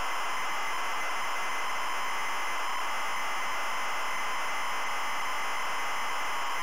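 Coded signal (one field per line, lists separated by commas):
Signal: ZX Spectrum tape loading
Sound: continuous harsh raspy buzzing data screech, steady in loudness throughout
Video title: ZX SPECTRUM Loading Cobra Ocean Software Ltd 1987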